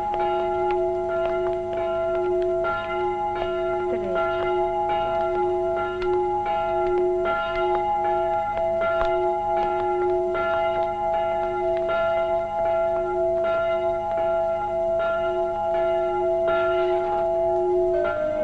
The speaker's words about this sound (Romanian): Clopotele au răsunat solemn. Era dangătul funebru pentru Tom Sawyer și Huckleberry Finn.